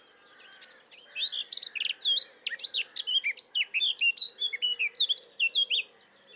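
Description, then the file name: Eurasian blackcap delivering a lively, rambling warble of tumbling, slurred whistles and chatter, continuing for several seconds with a faint background hum. "Sylvia atricapilla"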